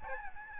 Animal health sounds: mosquito wingbeat signal from an infrared sensor; Aedes albopictus

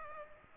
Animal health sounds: mosquito wingbeat signal from an infrared sensor; Aedes aegypti

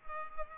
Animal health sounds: mosquito wingbeat signal from an infrared sensor; Culex pipiens

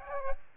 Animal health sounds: mosquito wingbeat signal from an infrared sensor; Aedes aegypti

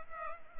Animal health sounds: mosquito wingbeat signal from an infrared sensor; Culex pipiens

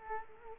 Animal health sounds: mosquito wingbeat signal from an infrared sensor; Culex quinquefasciatus

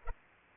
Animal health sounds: mosquito wingbeat signal from an infrared sensor; Culex pipiens

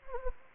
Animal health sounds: mosquito wingbeat signal from an infrared sensor; Anopheles gambiae

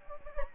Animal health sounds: mosquito wingbeat signal from an infrared sensor; Anopheles gambiae

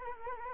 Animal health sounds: mosquito wingbeat signal from an infrared sensor; Anopheles gambiae

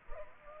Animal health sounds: mosquito wingbeat signal from an infrared sensor; Culex pipiens

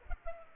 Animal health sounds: mosquito wingbeat signal from an infrared sensor; Culex pipiens

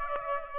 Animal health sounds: mosquito wingbeat signal from an infrared sensor; Aedes aegypti

